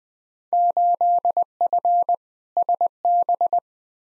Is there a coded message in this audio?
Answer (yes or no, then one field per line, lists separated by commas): yes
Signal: Morse code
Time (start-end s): 0.5-3.6 s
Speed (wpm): 20 wpm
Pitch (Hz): 700 Hz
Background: none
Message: 8F SB